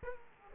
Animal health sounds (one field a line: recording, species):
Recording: mosquito wingbeat signal from an infrared sensor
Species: Aedes aegypti